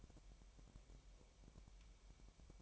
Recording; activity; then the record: daily activity, microphone in the room; take from stove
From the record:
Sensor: 1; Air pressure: 1002.0 hPa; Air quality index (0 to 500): 247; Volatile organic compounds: 51 ppm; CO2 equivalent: 3307 ppm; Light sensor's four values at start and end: 5/12/5/6 and 5/12/5/6